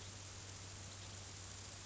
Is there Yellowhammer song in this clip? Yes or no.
no